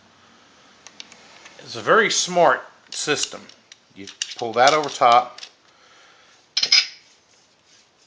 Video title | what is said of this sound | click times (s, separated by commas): HASBRO SIGNITURE FORCEFX VADER SABER | it goes in a certain way you hear it click into place | 0.9 s, 1.0 s